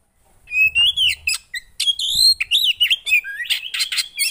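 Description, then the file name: Oriental magpie-robin giving loud, clear whistles that rise and wobble, mixed with short sharp chips, with a faint low thump or two in the background. Song played to provoke a caged kacer (magpie-robin), said to make it immediately agitated. "Burung kacer anda langsung emosi dengar ini"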